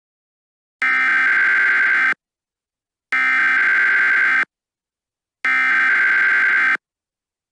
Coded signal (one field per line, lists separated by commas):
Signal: Emergency Alert System (SAME) tones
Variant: header bursts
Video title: EAS Scenario: Runaway Train